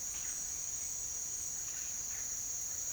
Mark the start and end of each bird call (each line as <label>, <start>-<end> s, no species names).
bird call, 0.00-2.92 s